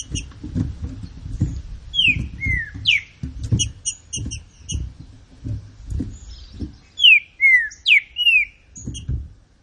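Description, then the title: Green-winged saltator singing two loud whistled phrases of descending slurred notes, separated by several seconds of soft high chips and low dull thumps. Classic song style (canto clássico), presented as training material. "Canto Clássico Trinca Ferro TREINAMENTO"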